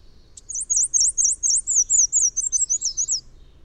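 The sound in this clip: Bird song opening with a brief sharp note, then a rapid run of many high, thin, undulating notes, slightly faster near the close.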